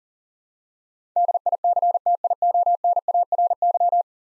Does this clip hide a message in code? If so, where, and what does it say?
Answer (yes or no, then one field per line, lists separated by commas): yes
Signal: Morse code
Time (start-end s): 1.2-4.0 s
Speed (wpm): 43 wpm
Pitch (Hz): 700 Hz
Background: none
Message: DICTIONARY